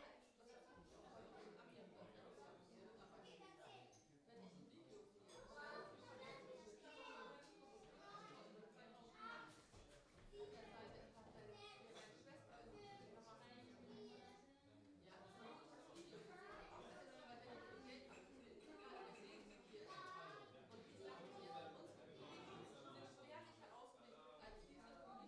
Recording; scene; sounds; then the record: everyday scene through a hearing-aid microphone; many people talking; many voices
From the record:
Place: parish hall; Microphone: in the ear canal, left